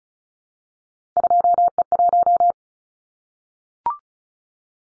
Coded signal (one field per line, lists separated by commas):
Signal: Morse code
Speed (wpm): 34 wpm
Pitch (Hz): 700 Hz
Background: none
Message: 2E1